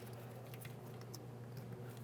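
A plastic ABS wire connector on a 1999-2006 Chevrolet Silverado 1500 is handled toward its locked position on the mounting bracket during front lower control arm replacement, after two ABS wires are connected. Over a steady low hum, there are light pattering handling noises and a brief sharp tick at 1.2 s. The connector has not seated or clicked into its lock yet.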